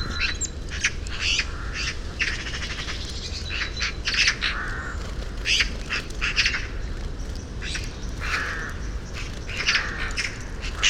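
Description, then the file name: Eurasian magpie giving harsh, rattling chatter calls in several bursts over steady low background noise. "Pica pica"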